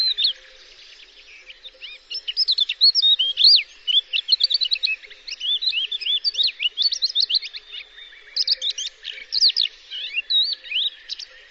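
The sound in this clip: Bird chirps in a fast, high run of twittering notes, many short sweeps rising and falling, coming in bursts with brief pauses.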